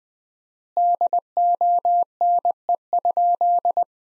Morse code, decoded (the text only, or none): DONE?